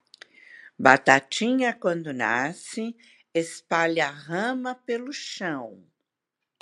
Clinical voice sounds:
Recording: short text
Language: Brazilian Portuguese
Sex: female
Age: 60 to 69 years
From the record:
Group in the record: control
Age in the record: 69 years

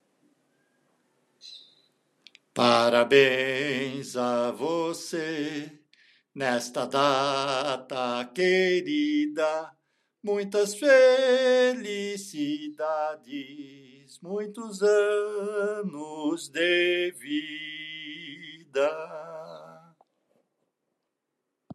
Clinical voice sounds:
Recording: short text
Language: Brazilian Portuguese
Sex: male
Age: 60 to 69 years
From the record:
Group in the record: control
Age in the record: 67 years

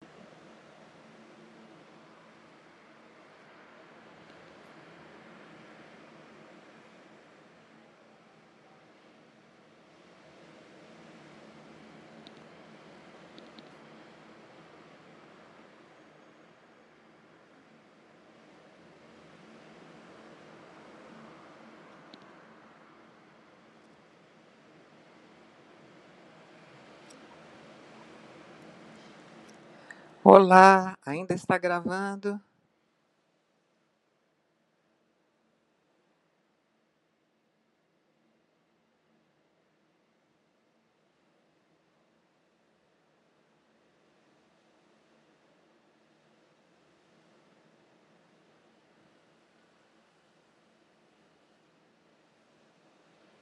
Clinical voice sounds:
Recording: spoken sentence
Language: Brazilian Portuguese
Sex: female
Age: 70 to 79 years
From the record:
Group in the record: control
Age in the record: 74 years

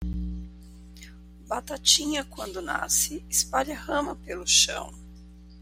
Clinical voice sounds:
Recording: short text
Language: Brazilian Portuguese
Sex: female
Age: 50 to 59 years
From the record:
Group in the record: control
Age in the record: 50 years

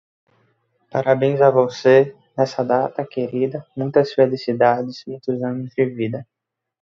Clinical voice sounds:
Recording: short text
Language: Brazilian Portuguese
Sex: male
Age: 20 to 29 years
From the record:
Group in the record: control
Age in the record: 22 years

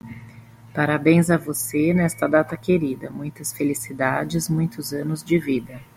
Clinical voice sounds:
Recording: short text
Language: Brazilian Portuguese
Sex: female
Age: 40 to 49 years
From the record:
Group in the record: control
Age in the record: 42 years

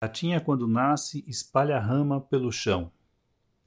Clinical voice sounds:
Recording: short text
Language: Brazilian Portuguese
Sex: male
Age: 50 to 59 years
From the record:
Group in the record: control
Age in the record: 54 years

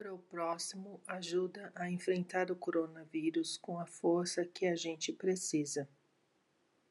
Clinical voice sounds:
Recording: spoken sentence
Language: Brazilian Portuguese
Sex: female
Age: 50 to 59 years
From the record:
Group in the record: control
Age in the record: 55 years

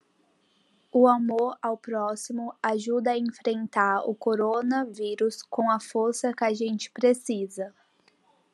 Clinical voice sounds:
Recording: spoken sentence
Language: Brazilian Portuguese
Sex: female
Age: 18 to 19 years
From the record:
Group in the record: control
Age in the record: 19 years

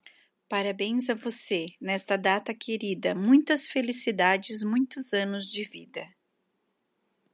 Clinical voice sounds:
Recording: short text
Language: Brazilian Portuguese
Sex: female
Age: 40 to 49 years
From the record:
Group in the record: control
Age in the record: 42 years

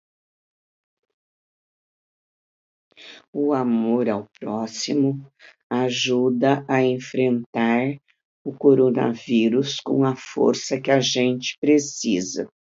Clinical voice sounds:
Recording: spoken sentence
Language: Brazilian Portuguese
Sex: female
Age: 70 to 79 years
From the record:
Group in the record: control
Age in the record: 79 years

